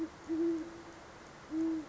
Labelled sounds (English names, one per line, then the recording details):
Great Horned Owl
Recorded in Sonoma County, California